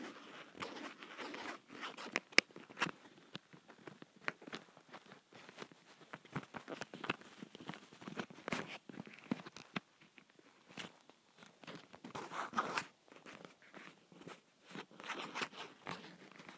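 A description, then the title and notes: Leather is scratched and rubbed, a dense run of short dry scrapes and crackles that stop and start irregularly. A few sharper clicks stand out near the start, and brief pauses break the rhythm throughout. ASMR Leather Scratching.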